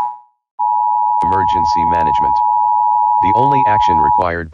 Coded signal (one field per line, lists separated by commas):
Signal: Emergency Alert System (SAME) tones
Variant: 853 and 960 Hz attention tone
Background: speech